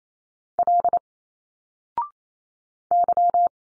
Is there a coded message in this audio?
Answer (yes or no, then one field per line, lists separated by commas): yes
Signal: Morse code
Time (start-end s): 0.6-3.5 s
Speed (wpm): 29 wpm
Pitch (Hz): 700 Hz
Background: none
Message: L Y